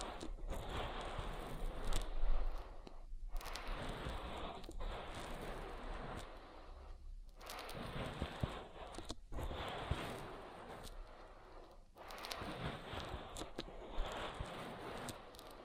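Oily ear massage: a dense, continuous wet rubbing and squishing that fills the sound from low thumps to a bright hiss. The strokes come in long runs broken by brief pauses every two to three seconds, with a soft low rumble underneath throughout.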